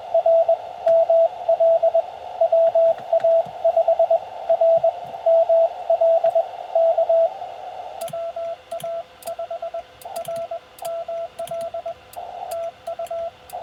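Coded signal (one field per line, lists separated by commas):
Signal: Morse code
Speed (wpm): 21 wpm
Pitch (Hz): 660 Hz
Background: radio noise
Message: R ML WA5RML K WA5RML TU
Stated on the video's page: CW Parks On The Air activation in Utah.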